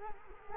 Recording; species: mosquito wingbeat signal from an infrared sensor; Culex quinquefasciatus